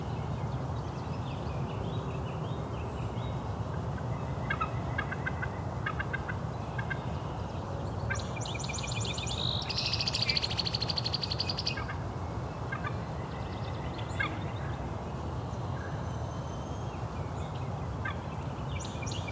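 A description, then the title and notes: A dawn chorus of birds sings over a steady, dense low rumble that never lets up. Short chirps and trills repeat throughout, with a louder burst of rapid, bright calls around ten to twelve seconds before the scattered chirping resumes. Dawn Chorus in Cootes Paradise. At sunrise in Cootes Paradise, the dawn chorus can overwhelm all the sounds of the city. Recorded, engineered, narrated and created by the host.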